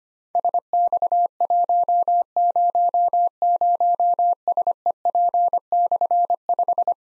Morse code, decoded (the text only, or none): SX100SEP/5